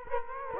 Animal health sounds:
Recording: mosquito wingbeat signal from an infrared sensor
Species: Culex quinquefasciatus

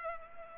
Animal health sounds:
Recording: mosquito wingbeat signal from an infrared sensor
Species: Culex pipiens

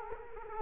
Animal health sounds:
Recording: mosquito wingbeat signal from an infrared sensor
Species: Culex quinquefasciatus

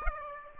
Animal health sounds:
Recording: mosquito wingbeat signal from an infrared sensor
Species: Aedes aegypti

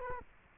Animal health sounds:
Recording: mosquito wingbeat signal from an infrared sensor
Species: Culex quinquefasciatus

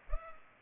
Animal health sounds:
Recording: mosquito wingbeat signal from an infrared sensor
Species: Culex pipiens

